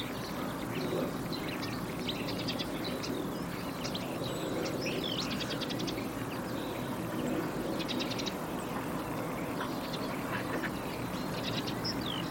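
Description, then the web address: Birds give bursts of buzzy trills and scattered high chirps at irregular intervals, with a continuous noisy rumble underneath. "Bird Only"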